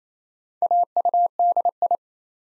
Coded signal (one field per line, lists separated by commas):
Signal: Morse code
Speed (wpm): 29 wpm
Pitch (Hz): 700 Hz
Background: none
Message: AUDI